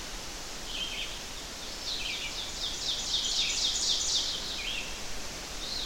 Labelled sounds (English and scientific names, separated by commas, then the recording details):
Ovenbird (Seiurus aurocapilla) song
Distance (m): 25 m
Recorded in boreal forest in Alberta, Canada, on 12 June 2016 at 05:45
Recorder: SongMeter 3, array SBT-3-18
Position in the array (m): 209 m, 83 m
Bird 31